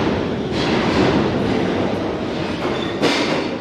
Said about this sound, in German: Hier müssen die Menschen für einen Augenblick zur Ruhe kommen, warten, während das Donnern der Züge jedes Gespräch übertönt.